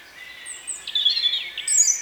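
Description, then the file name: European robin song: a thin, high whistle, then a rippling, wavering phrase ending in piercing, very high notes. "Erithacus rubecula"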